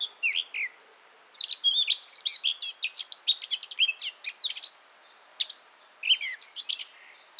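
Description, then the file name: Eurasian blackcap singing a fast, chattering warble of mixed high notes, a few opening notes, a long busy phrase, then a brief pause and a shorter burst. "Sylvia atricapilla"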